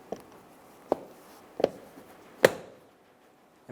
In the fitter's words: push it down into place. You'll hear a few clicks and then just give it a little pull up and make sure it's secure.